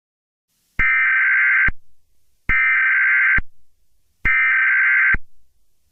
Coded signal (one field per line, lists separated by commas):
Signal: Emergency Alert System (SAME) tones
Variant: header bursts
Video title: EAS Scenario: East Coast Hurricane